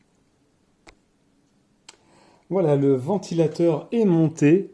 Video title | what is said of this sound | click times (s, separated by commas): Montage PC Gamer Stream à 1200€ environs ! Pas mal pour débuter ^^ | Je vais faire quelques vérifications parce qu'il me semble qu'il n'est pas très bien clipsé. | 0.9 s, 1.9 s